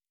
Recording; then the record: hydrophone in a shrimp aquaculture tank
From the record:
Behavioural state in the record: normal